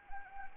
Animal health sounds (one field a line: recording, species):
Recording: mosquito wingbeat signal from an infrared sensor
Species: Anopheles arabiensis